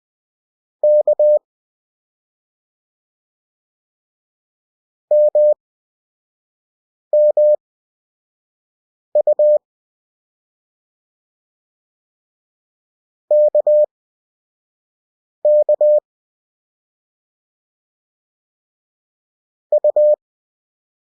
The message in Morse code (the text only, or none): K MMU KK U